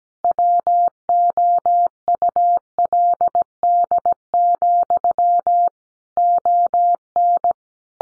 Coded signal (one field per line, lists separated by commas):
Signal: Morse code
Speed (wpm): 17 wpm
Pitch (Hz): 700 Hz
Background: none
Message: WOULD, ON